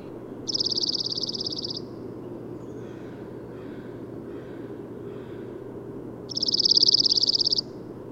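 Bird song: a fast, even high trill of about a second, repeated once after a pause of roughly five seconds, over a constant low rumbling background.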